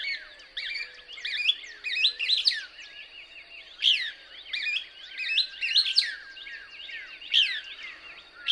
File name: Couch's Kingbird